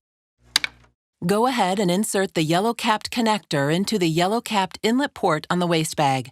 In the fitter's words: then lock the bowl by pressing down while turning the bowl clockwise until you hear a click